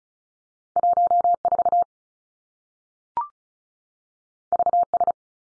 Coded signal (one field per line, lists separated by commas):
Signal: Morse code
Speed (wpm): 36 wpm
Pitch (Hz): 700 Hz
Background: none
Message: 1 4 V S